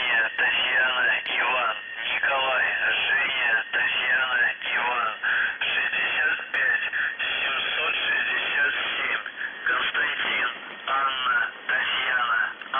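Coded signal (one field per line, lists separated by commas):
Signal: numbers station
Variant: UVB-76, Russian voice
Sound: a voice speaking continuously over a narrow, noisy shortwave channel, with short pauses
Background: radio static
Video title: The Buzzer/UVB-76(4625Khz) May 5, 2021 12:36UTC Voice message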